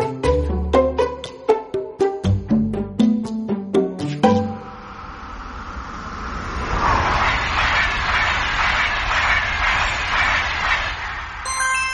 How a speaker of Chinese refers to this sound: 高铁急速地驶向了盐城方向